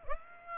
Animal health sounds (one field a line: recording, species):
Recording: mosquito wingbeat signal from an infrared sensor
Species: Aedes aegypti